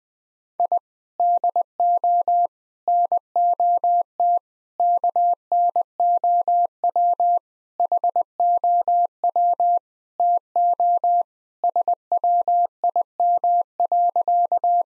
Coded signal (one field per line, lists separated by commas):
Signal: Morse code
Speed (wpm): 20 wpm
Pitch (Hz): 700 Hz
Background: none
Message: I DO NOT KNOW HOW TO SWIM.